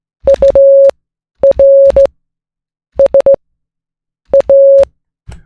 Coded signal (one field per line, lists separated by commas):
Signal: Morse code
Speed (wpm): 17 wpm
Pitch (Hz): 550 Hz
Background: none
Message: URSA